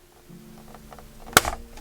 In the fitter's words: it would slide and lock into place and that was it